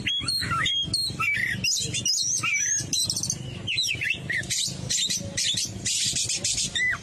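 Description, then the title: Oriental magpie-robin singing rich mixed phrases: sharp whistled notes, quick trills and buzzy chatter, packed closely together throughout. "Kacer"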